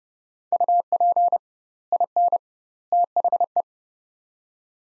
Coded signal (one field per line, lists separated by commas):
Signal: Morse code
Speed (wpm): 30 wpm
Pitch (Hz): 700 Hz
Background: none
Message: UP IN THE